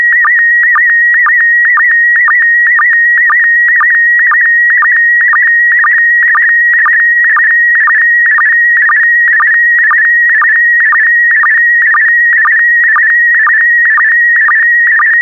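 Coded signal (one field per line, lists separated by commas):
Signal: SSTV (slow-scan television)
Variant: PD120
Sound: steady warbling high tone with rhythmic short low blips about twice a second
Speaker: Get ready. Starting transmission in 5, 4, 3, 2, 1. Transmission complete. You can now check your decoded image against the picture that is shown on the video.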